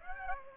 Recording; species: mosquito wingbeat signal from an infrared sensor; Aedes aegypti